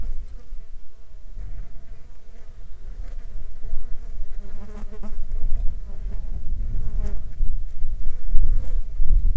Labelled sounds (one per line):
insects